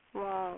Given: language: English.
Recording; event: throat vibration sensor signal played as sound; speech